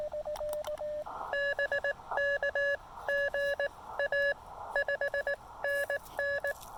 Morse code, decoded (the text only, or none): BK GA 5NN